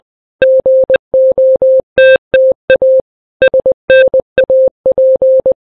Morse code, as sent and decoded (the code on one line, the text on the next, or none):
--. --- - - .- / ... -. .- .--.
GOTTA SNAP